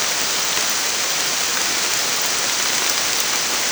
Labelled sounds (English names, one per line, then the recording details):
none
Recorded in dense forest near Puerto Asís, Putumayo, Colombia, on 27 June 2025 at 07:30
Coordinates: 0.468, -76.322
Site GP03